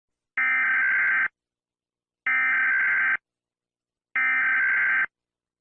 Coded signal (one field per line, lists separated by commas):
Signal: Emergency Alert System (SAME) tones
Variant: header bursts